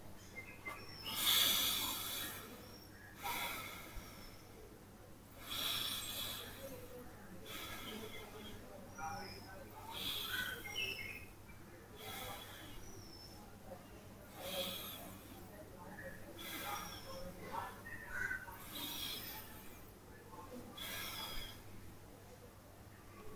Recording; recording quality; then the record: deep breathing; excellent, no background noise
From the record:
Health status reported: healthy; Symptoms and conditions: none ticked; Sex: male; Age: 37 years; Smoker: not ticked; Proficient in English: yes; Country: India